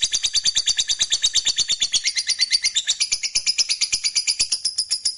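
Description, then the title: Lovebird song: rapid, rhythmic chattering of piercing high notes, evenly pulsed with no pauses. "Suara Lovebird Ini"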